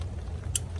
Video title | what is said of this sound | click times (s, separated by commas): How to Fix: Bronco Distributor Replacement (Part link in the description⬇️) | Don't forget to plug your wiring harness back in. Should hear a little snap. | 0.6 s